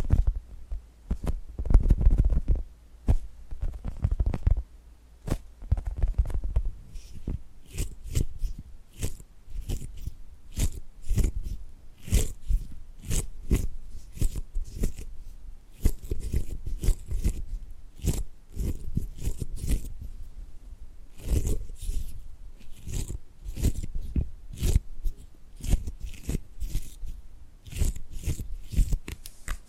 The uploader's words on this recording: ASMR Tapping and Gripping Sounds for Sleep(No Talking).